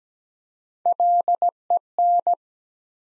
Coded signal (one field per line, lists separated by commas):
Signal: Morse code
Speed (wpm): 17 wpm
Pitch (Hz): 700 Hz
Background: none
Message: LEN